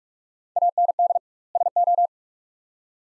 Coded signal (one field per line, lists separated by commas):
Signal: Morse code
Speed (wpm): 46 wpm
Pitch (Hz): 700 Hz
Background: none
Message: AND SO